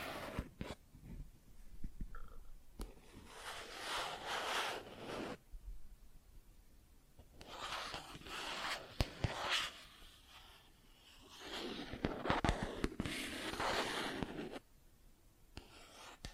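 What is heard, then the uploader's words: Plastic objects are scratched and rubbed in long, hissy bursts of a second or two, around 3–5, 7–10 and 12–14 seconds. Sharp taps punctuate the quieter gaps, with a few clustered near 9 seconds and near the end. ASMR Plastic Objects Tapping and Scratching (No Talking).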